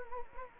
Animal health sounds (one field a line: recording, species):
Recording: mosquito wingbeat signal from an infrared sensor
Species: Anopheles gambiae